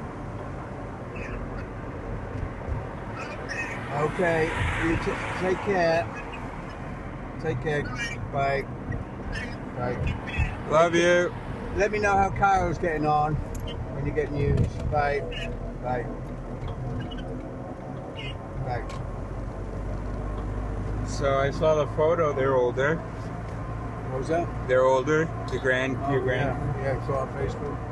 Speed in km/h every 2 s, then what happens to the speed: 41, 41, 39, 38, 36, 36, 36, 38, 39, 45, 49, 52, 52, 52.
0-13 steady at about 38. 13-21 speeds up to 52. 21-28 steady at about 52.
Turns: none.